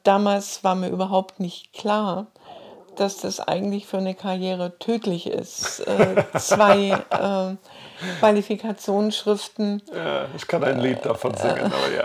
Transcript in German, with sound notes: Damals war mir überhaupt nicht klar, dass das eigentlich für eine Karriere tödlich ist. [lacht] Zwei Qualifikationsschriften.
Ja, ich kann ein Lied davon singen.